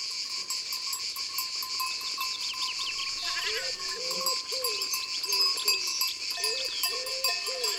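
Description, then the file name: Common wood pigeon coos, muffled and low, begin partway through amid a steady hum, high-pitched birdsong and background noise. "Pigeon ramier"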